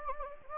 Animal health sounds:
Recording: mosquito wingbeat signal from an infrared sensor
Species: Anopheles gambiae

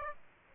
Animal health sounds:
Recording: mosquito wingbeat signal from an infrared sensor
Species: Aedes aegypti

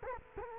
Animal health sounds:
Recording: mosquito wingbeat signal from an infrared sensor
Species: Culex quinquefasciatus

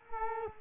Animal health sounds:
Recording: mosquito wingbeat signal from an infrared sensor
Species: Culex quinquefasciatus

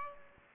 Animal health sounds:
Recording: mosquito wingbeat signal from an infrared sensor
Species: Aedes aegypti

